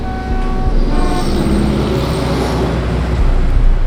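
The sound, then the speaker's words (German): Steady, loud street traffic roars with a low engine rumble as cars honk and squeal, heard from a sidewalk by a blinking pedestrian light, sustained horn tones sounding over a continuous wash of noise. “Vor mir lärmen Autos, hupen, quietschen, stoßen stinkende Wolken aus.”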